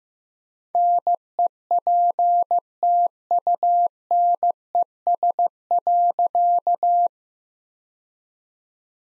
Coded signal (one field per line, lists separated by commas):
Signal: Morse code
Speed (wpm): 15 wpm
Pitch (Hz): 700 Hz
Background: none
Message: NEPTUNES.